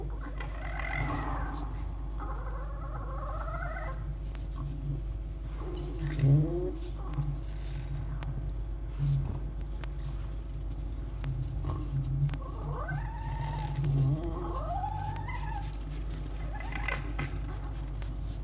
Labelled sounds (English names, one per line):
Red Fox